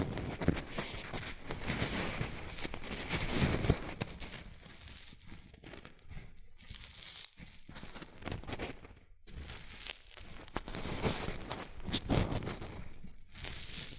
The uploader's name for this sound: Rustling and Crinkle Sounds (Shredded Tissue, Packing Peanuts)